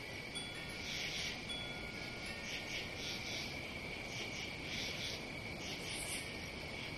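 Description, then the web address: Crickets trilling continuously, with brighter chirp bursts and a few thin tones, against a low rushing background. "сверчки"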